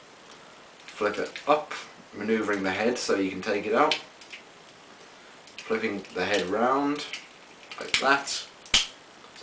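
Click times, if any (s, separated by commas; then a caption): 8.7 s. Someone talks while transforming a plastic Transformers figure, flipping the robot head around and pushing it into the torso. At 8.7 s the head snaps home with one sharp, loud click, seating into place.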